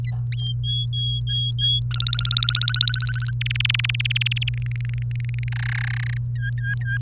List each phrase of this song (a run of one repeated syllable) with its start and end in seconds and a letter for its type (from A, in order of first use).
0.37-1.80 A, 1.91-3.31 B, 3.41-4.49 C, 4.54-5.49 D, 5.52-6.17 E, 6.35-6.97 F